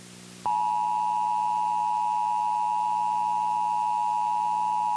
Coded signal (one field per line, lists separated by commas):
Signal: Emergency Alert System (SAME) tones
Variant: 853 and 960 Hz attention tone